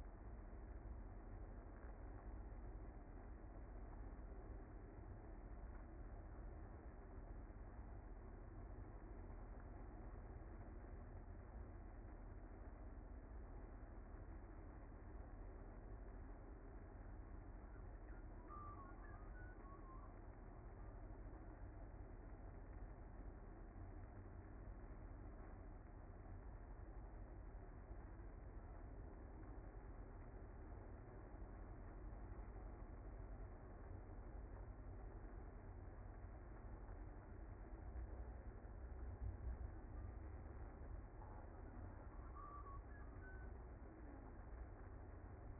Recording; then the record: honeybee colony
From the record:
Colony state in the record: active